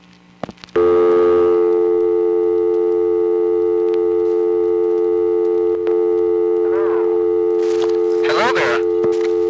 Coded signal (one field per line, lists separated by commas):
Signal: telephone call progress tone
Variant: North America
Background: speech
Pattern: dial tone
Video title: What Was 4-5-0? part 1: Getting Into the Test Lines & Mechanical Tones of the NY Area, 1971-77